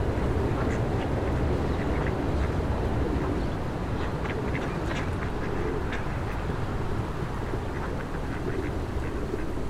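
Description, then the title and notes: Duck quacks, short nasal calls repeated rapidly and irregularly, over a steady low rumble of passing traffic. Ducks fed by passers-by on the Old Town Promenade, Stare Miasto, Wrocław, at 16:00, with passing cars and buses; Sony PCM-D50 recorder, Rode NT4 microphone, FEL BMA preamplifier. "Kaczki i gołębie na Promenadzie Staromiejskiej cz.2 Lokalizacja: Stare Miasto Czas: 16.00 Opis: Kaczki i gołębie karmione przez przechodniów. Odgłosy przejeżdżających samochodów i autobusów. Autor nagrania: Bartosz Grzyb"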